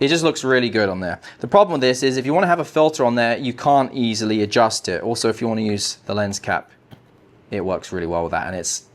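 A lens cap is being handled near the official lens hood of a Leica Q3 43 camera while someone talks continuously; the cap has not snapped on and nothing has seated or clicked yet.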